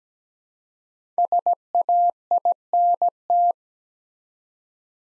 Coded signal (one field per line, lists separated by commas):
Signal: Morse code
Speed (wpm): 17 wpm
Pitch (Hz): 700 Hz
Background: none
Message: SAINT